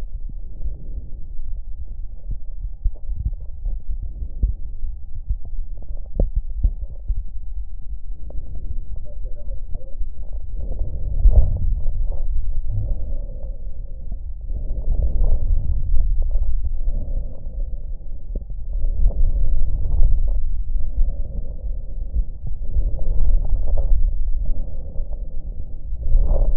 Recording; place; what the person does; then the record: lung sounds by stethoscope; left anterior apical chest; quiet breathing, then deep breathing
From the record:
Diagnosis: pulmonary infection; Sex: male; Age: 86 years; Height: 165 cm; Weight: 65 kg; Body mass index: 23.9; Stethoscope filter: extended mode